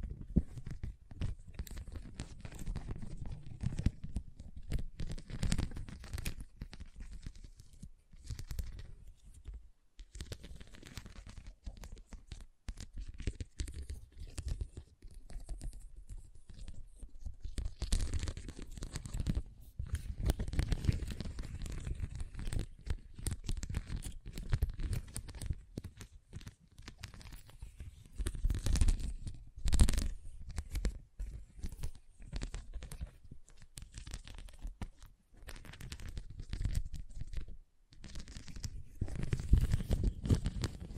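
Scratching and tracing sounds, a dense run of rough, papery strokes with short dry crackles and tearing textures. The strokes come in uneven bursts with brief gaps, low rumbly thumps underneath, and a few sharper, louder scrapes near the 29-second mark.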